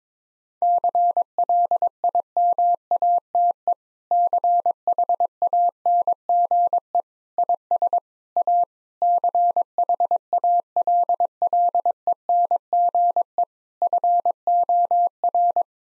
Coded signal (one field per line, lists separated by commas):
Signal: Morse code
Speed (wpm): 22 wpm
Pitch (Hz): 700 Hz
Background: none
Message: CLIMATE CHANGE IS A CHALLENGE FOR